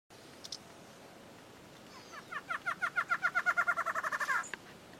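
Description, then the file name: Barred antshrike song: a rapid series of nasal notes that rises in loudness, ending with a short final note. "Canto do choca barrada"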